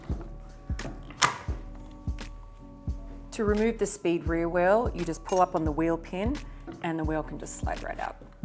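A rear wheel axle is slid into the plastic wheel housing on the second side of a Bumbleride Speed jogging stroller frame, with soft thuds before a sharp click at 1.2 s as the wheel seats and engages. Music plays in the background, and someone talks afterward.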